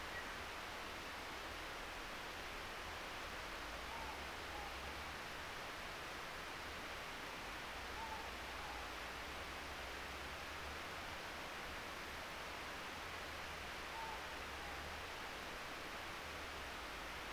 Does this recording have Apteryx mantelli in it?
no